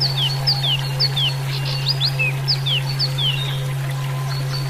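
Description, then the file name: Chinese hwamei giving many sharply falling whistled slurs, with a continuous low hum in the background. "suara alam hwamei"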